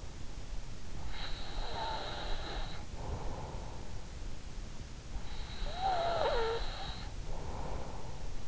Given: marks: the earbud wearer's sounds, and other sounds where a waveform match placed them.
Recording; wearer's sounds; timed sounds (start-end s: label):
sounds in sleep by an in-ear microphone; breath
1.11-4.26 s: breath
5.34-8.48 s: breath